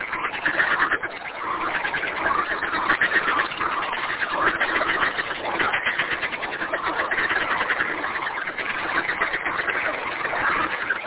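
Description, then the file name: Many frogs croaking together, a thick, pulsing, rattly chorus that never pauses, with small rises and falls in loudness. "kunstradio froesche"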